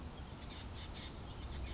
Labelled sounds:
Oak Titmouse
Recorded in Sonoma County, California

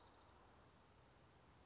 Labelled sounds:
Orange-crowned Warbler
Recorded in Sonoma County, California

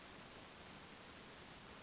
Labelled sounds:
Western Flycatcher
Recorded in Sonoma County, California

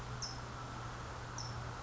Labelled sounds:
California Towhee
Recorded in Sonoma County, California

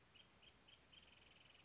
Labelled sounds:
Wrentit
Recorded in Sonoma County, California

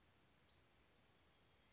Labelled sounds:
Western Flycatcher
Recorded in Sonoma County, California

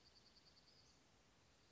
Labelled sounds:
Western Flycatcher
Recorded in Sonoma County, California

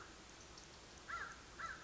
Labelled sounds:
American Crow
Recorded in Sonoma County, California

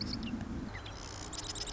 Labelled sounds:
Marsh Wren
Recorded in Sonoma County, California

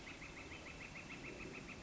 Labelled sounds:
Northern Flicker
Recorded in Sonoma County, California

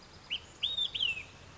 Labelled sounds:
Olive-sided Flycatcher
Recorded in Sonoma County, California

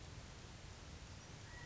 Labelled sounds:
California Quail
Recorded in Sonoma County, California

